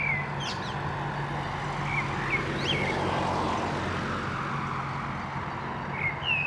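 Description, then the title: Common blackbird song, scattered fluty notes and sharp rising squeaks at start, middle and end, half buried under continuous vehicle noise. Recorded at Digue du Canal, Anderlecht, Brussels-Capital, Belgium, beside car traffic; Lom mikroUsi Pro AB microphone into Zoom F3 recorder. "Digue du Canal, Anderlecht, Bruxelles-Capitale, Belgique - Blackbird and cars"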